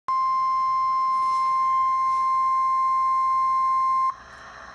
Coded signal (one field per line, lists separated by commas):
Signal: Emergency Alert System (SAME) tones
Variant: 1050 Hz attention tone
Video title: Child Abduction Emergency (EAS #1548-1550)